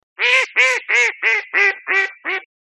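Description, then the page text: Eastern spot-billed duck quacking: seven loud, harsh, nasal quacks in an even, steady series, with nothing else heard. "カルガモの鳴き声 - 着信音-sound-HIRingtone"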